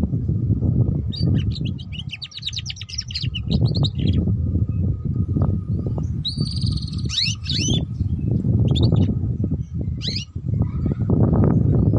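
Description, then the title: Canary bursts of rapid trilled chirping, then a second phrase with clearer whistled upslurs, partly covered by loud low rumbling noise and a steady hum. Belgian canary; song used to warm up canaries and get them singing, for canaries learning the ngeriwik sound, and as a lure for ngeriwik canaries. "Canto Para Esquentar Canário Belga. Suara Kenari Belajar Bunyi Ngeriwik || Cocok Untuk Pancingan Kenari Ngeriwik"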